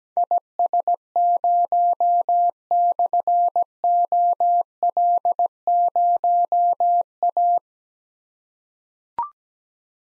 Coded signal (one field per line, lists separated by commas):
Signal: Morse code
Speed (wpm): 17 wpm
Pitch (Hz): 700 Hz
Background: none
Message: IS0/OL0A